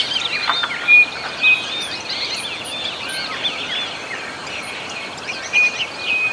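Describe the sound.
Bird calls, overlapping high twittering chirps and a few louder short notes above constant background noise.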